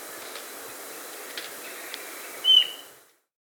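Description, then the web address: Ochre-breasted antpitta uttering one quick whistled note late after quiet hiss, before the sound cuts to silence. Andes, South America. "S America Andean Birds. Ochre-Breasted Antpitta (Grallaricula Flavirostris)"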